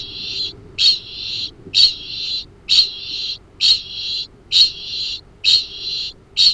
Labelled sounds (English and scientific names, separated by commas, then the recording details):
Kākāpō (Strigops habroptilus) ching call
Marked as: faintness 1/5
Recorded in New Zealand
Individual Arab